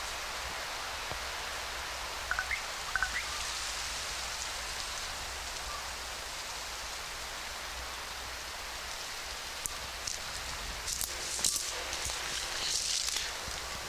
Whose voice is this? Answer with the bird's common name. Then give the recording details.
Common Raven. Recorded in the wild. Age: adult. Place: Yellowknife, Great Slave Lake, North West Territories, CA. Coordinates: 62.45, -114.383. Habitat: coniferous forest. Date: 1991-09-29 13:30. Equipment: Sony WM-D6C, Sony ECM-939 LT (Stereo), Kopie Uher 4400 IC. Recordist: Frommolt, Karl-Heinz